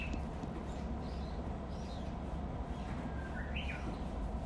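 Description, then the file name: Japanese bush warbler song phrase: a short steady whistle that jumps into a quick rising, looping flourish, heard over a continuous low-pitched hum. "uguisu"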